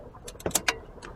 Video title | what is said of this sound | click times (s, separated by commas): 07 13 GM TRK PWR STR Hose Replacement | of almost makes two clicks there when you're putting it through | 0.6 s, 0.7 s